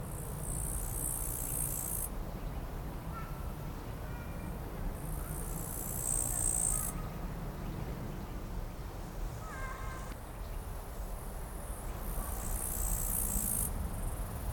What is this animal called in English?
Upland Green Bush-cricket